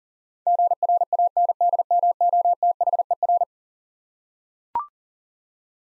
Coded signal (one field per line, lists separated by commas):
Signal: Morse code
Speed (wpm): 40 wpm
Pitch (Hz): 700 Hz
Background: none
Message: GRANDMOTHER